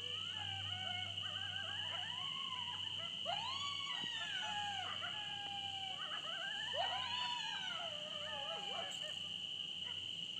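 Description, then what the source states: Coyotes howl in a chorus of wavering, rising and falling wails that overlap, with a constant high-pitched drone behind them. More than one coyote.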